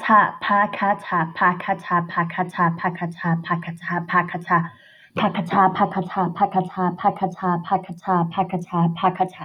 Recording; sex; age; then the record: repeated syllables /pa ta ka/; female; 20 to 29 years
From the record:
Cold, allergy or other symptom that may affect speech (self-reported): no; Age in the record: 26 years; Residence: Illinois, United States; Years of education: 18